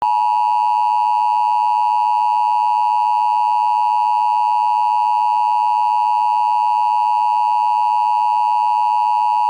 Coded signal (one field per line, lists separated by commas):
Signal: Emergency Alert System (SAME) tones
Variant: 853 and 960 Hz attention tone